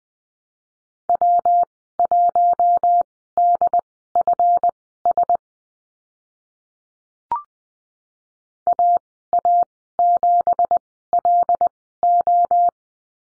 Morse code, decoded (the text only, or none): W1DFS AA7LO